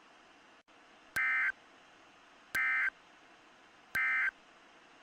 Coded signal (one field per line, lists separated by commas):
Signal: Emergency Alert System (SAME) tones